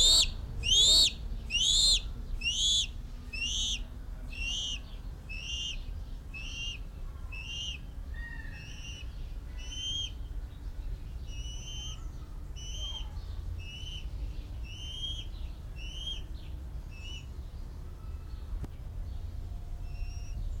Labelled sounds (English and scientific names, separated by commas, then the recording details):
Bald Eagle (Haliaeetus leucocephalus)
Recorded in captivity
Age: juvenile
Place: Zoo Berlin, Berlin, DE
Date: 1994-07-02 10:44
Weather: sonnig, 18-24°C
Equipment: Marantz CP 430, Sennheiser ME 80, Kopie Uher Variocord 263
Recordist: Tembrock, Günter
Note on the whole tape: Ca. 6 Wochen alte Tiere: "Bettellaute" - Entfernung 2 m, dann Fütterung durch Pflegerin